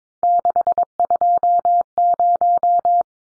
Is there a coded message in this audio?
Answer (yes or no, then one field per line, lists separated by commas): yes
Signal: Morse code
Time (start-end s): 0.2-3.0 s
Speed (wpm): 22 wpm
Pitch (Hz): 700 Hz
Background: none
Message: 620